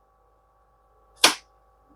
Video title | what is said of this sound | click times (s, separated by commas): Neretva Burr Coffee Grinder - 2 in 1 Stainless Steel Coffee Grinder | till it clicks, | 1.2 s